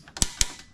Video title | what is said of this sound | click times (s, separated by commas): Chpt 3: How I Set This Rifle Up Right! | When this reaches its max torque, it's going to click. | 0.2 s, 0.4 s